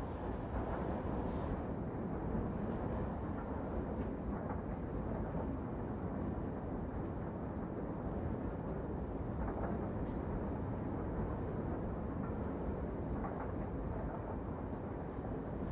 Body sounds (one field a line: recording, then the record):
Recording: background sound without coughing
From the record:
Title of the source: Train Ride Ambience ambient white noise for sleeping, focus, studying, reading